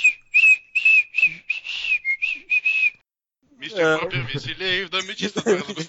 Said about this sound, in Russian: И начинаю потихоньку, так, насвистывая.